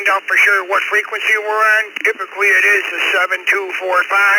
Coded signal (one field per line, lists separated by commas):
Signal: Emergency Alert System (SAME) tones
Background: speech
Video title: East Coast Reflector Youth Net 146 2026 01 30 20 00 06